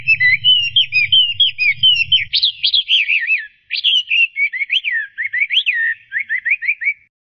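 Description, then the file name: Chinese hwamei song of varied whistled phrases, starting with rapid slurred notes, then bold upward sweeps and ending in quick repeated chirps, with low rumble early on. "audio kicauan burung hwamei. omkicau"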